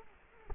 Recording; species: mosquito wingbeat signal from an infrared sensor; Culex quinquefasciatus